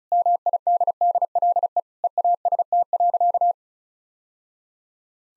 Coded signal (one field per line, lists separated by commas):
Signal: Morse code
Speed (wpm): 36 wpm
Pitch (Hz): 700 Hz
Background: none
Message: MIDDLE EAST.